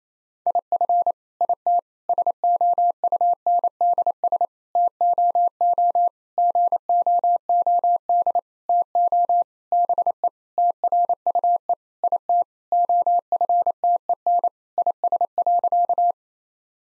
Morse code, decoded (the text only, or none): IF IT SOUNDS TOO GOOD TO BE TRUE IT OFTEN IS.